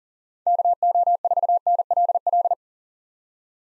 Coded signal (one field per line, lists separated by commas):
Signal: Morse code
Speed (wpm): 40 wpm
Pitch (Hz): 700 Hz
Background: none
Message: KO4NLL